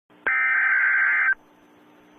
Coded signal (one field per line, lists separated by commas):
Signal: Emergency Alert System (SAME) tones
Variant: header bursts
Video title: Nosey Escaped - EAS Alert in Pensacola, FL